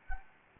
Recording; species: mosquito wingbeat signal from an infrared sensor; Anopheles gambiae